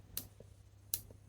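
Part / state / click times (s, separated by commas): surgical headlamp lamp arm into its hinge detent / seated / 0.2 s, 0.9 s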